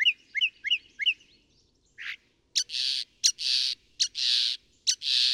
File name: Northern Mockingbird